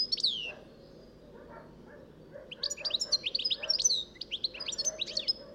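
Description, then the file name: European goldfinch song: a descending whistled note, then a pause, then a fast jumble of tinkling chirps and twitters over low background hum. "Carduelis carduelis"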